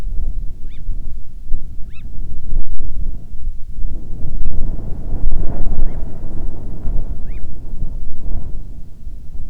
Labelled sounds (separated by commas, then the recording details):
bird, wind
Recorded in the Prudhoe Bay oil fields, Alaska, on 10 July 2019 at 14:12
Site 14